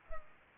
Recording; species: mosquito wingbeat signal from an infrared sensor; Culex pipiens